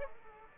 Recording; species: mosquito wingbeat signal from an infrared sensor; Aedes aegypti